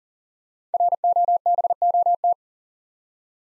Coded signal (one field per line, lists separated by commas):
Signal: Morse code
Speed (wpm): 39 wpm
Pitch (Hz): 700 Hz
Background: none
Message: ROBOT